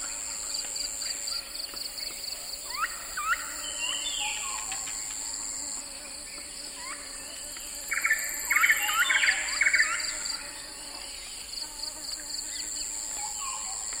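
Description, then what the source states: A constant high insect hum runs throughout, with scattered slurred chirps and a short run of pulsed calls around the middle. Swamp soundscape with frogs and insects calling.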